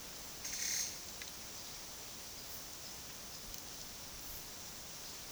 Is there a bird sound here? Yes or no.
no